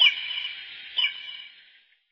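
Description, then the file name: Bonelli's eagle giving a drawn-out, harsh screaming call that starts loud, then a second shorter surge before fading over about two seconds. "aigle de bonelli"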